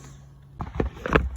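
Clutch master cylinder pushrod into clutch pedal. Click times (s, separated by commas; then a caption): 1.2 s. On a Vauxhall Insignia, the new clutch master cylinder pushrod is pressed onto the clutch pedal with the clip in place. After a quiet low hum, a few sharp knocks come at about 0.6, 0.8 and 1.1 seconds, then the loudest, crisp click at 1.2 seconds. The pushrod seats onto the pedal.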